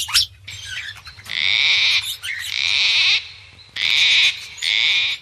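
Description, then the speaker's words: Gang-gang Cockatoo screeches, harsh grating bursts in several long drawn phrases with short gaps, creaky and rasping like a rusty gate. Screech often likened to a rusty gate; species cited as adapting to a warming planet, face shape gradually evolving with hotter conditions in Australia. "while the Gangang cockatoo's screech might often be compared to a rusty gate"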